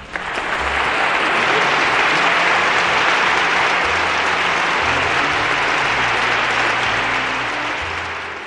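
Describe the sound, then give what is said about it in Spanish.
Sustained applause from a large audience as an ovation for a poetry reading, a dense, steady wash of clapping hands that swells in at the start and holds loud and even for several seconds before tapering slightly. “nos ha arrancado una ovación, una semana más, con su poesía desgarrada y desgarradora.”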